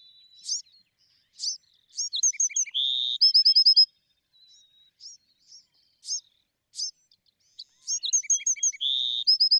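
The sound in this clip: Bewick's wren song repeated twice: sharp high slurred notes, a buzzy trill, and a quick ringing series of identical notes, with softer chips scattered between phrases.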